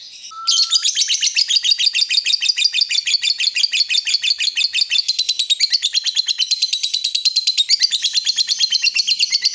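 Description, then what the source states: Yellow-vented bulbul calls: one short whistled note, then a long, rapid, rhythmic chatter of high, buzzy notes that carries on without pause. Used as a bird lure (pikat).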